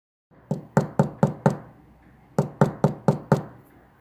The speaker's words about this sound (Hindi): फिर कछुआ, खरगोश और बतख सुअर के घर गए। तुम दरवाज़ा खटखटाओ, कछुए ने कहा।